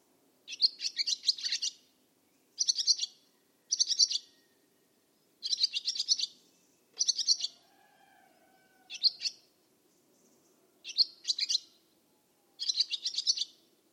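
Barn swallow calls: repeated brief bursts of sharp, high chirps roughly every one to two seconds.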